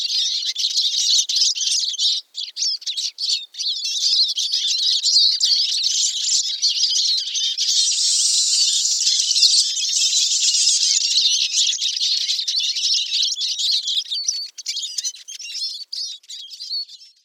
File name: suara siskin eurasia